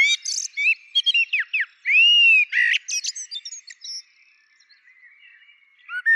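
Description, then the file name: Common blackbird song, mellow slurred whistles including a long arched note, mixed with high squeaky twitter, then fading to quiet warbling. "Turdus merula"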